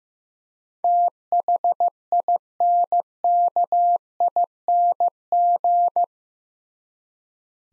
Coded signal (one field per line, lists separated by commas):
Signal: Morse code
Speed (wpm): 15 wpm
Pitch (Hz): 700 Hz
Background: none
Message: THINKING